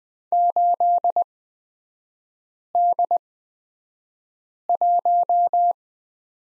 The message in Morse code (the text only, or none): 8D1